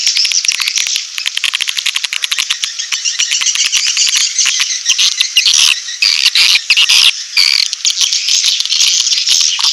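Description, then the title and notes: Swiftlet calls: rapid, rattling high clicks blended with buzzy twittering chirps, continuous and dense. Swiftlet farming sound from Asia. "Swiflet Bird Sound. Farming Swiflet Bird asia sound"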